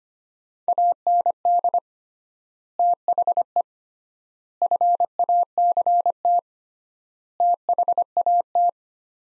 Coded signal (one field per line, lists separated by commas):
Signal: Morse code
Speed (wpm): 25 wpm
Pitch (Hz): 700 Hz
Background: none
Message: AND THE FACT THAT